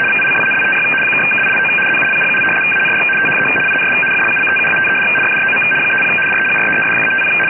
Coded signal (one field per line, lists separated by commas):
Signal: RTTY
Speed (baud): 75 baud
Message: VICINITY (KILO ZULU) AND THE INS FLUCTUATED FROM 30 DEGREES-50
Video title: NATO STANAG 4481 FSK KG 84 DECRYPTED BY AI-software